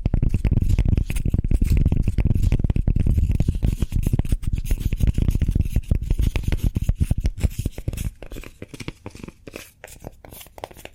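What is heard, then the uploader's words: Cork being handled: dense, rapid scratching and tapping with a warm, low rumble underneath. The rubbing is busy and continuous for the first eight seconds, then thins into sparser, quieter clicks and scrapes toward the end. ASMR Cork Triggers. (No Talking).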